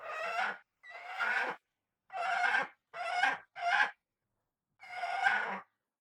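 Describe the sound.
Common buzzard screeches: six rasping, harmonic-rich cries, each under a second, spaced irregularly over a few seconds.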